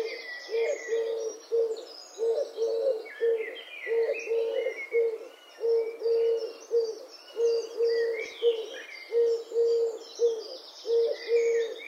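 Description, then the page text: Eurasian collared dove repeating its hollow three-syllable coo, stressed on the long middle note, steadily throughout over constant chirps and twitters of other birds. "Голоса птиц - Горлица кольчатая"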